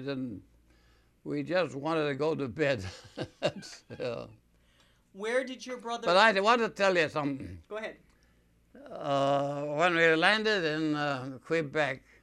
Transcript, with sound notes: We didn't, we just wanted to go to bed, yeah. (he laughs)
Where did your brother...
But I want to tell you something.
Go ahead.
When we landed in Quebec,